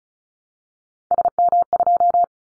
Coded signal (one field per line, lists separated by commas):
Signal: Morse code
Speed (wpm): 36 wpm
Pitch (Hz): 700 Hz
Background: none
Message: SM2